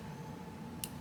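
While the barrels of an old-style derringer are being closed, the metal barrel latch on its frame is moved all the way to the rear. A single sharp, short click at 0.8 s rises above a low, steady background as the latch clicks into place and seats.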